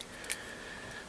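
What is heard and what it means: A plastic frame ring that was not on properly is refitted onto a spinning top disk. It snaps into place with a soft, sharp tick at 0.3 s, confirming it is seated, with a faint steady hiss around it.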